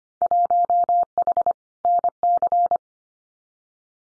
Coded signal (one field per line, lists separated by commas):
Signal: Morse code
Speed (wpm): 25 wpm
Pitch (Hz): 700 Hz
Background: none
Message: 1H NC